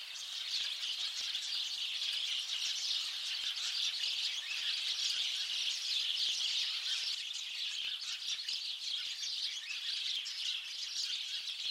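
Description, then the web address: Birds in a dense chorus of chirps and high tweets, rapid and overlapping, keeping a steady level throughout. "Deverinetal 2025. Bird Only"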